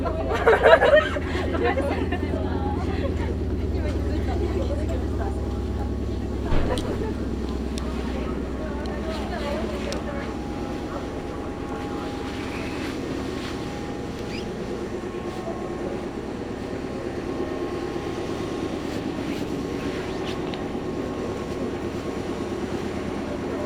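A Meitetsu Mikawa Line train rumbles steadily with a low, even drone, a few sharp knocks near the start and around six seconds.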